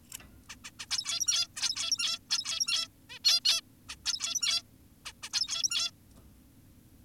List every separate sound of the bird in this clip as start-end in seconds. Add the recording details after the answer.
0.14-0.18, 0.50-0.56, 0.64-0.71, 0.80-0.86, 0.91-1.48, 1.57-2.19, 2.30-2.88, 3.10-3.19, 3.24-3.40, 3.45-3.61, 3.89-3.96, 4.05-4.62, 5.06-5.13, 5.23-5.29, 5.33-5.91. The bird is an adult. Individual g17y2U